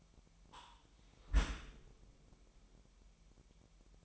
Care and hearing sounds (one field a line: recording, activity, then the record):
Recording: daily activity, microphone in the room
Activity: close dishwasher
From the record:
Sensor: 1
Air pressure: 998.4 hPa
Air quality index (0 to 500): 137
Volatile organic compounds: 4 ppm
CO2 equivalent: 1637 ppm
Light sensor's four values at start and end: 17/56/22/23 and 16/56/22/23